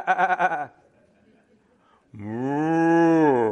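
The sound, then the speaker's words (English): A brief, quavering bleat cuts off, and after a quiet pause a cow lets out one long, loud, low moo that holds steady for over a second. “Little oxen, a little cow comes by.”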